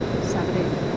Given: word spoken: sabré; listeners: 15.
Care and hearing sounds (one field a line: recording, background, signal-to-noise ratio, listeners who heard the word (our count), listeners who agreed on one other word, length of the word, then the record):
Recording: one Spanish word in noise, from a listening test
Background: speech-shaped noise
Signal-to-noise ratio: -5.4 dB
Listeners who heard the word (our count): 0 of 15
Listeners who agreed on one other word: 8 of 15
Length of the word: 0.57 s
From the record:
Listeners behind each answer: 8, 2, 1, 1, 1, 1, 1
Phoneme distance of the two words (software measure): 21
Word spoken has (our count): 2 syllables, 5 phonemes, stress on syllable 2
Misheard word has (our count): 2 syllables, 6 phonemes, stress on syllable 2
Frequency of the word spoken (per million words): 2.56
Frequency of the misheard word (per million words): 9.66